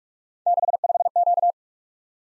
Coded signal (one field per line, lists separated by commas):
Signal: Morse code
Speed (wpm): 44 wpm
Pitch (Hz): 700 Hz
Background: none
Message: 65Q